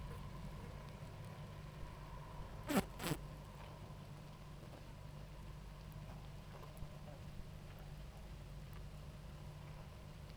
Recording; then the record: honeybee colony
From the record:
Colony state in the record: active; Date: 28 July 2017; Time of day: 18:40